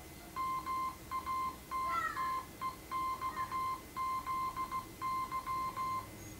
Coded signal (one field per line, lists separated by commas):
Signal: Morse code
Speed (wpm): 16 wpm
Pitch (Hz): 1040 Hz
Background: none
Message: MATTEXZY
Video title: Beacon n' Eggs - Arduino for QRP Kits